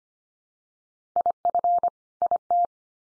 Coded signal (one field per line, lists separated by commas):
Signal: Morse code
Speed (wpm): 25 wpm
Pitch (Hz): 700 Hz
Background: none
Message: IF IT